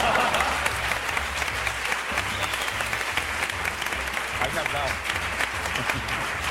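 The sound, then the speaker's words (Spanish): Loud, sustained audience applause with dense clapping that holds steady throughout, a low murmur of crowd and voices faintly mixed in beneath it, as guest Pepe Colubi is introduced. “Y un aplauso muy fuerte también para el primer novio de Alberto de Mónaco, Pepe Colubi.”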